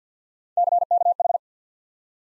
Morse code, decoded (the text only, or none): CKH